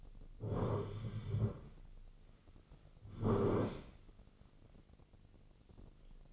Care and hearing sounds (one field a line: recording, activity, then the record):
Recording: daily activity, microphone in the room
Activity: sit down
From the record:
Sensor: 4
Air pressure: 1010.1 hPa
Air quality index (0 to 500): 187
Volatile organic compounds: 3 ppm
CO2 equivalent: 1346 ppm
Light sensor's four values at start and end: 40/97/40/44 and 40/98/41/44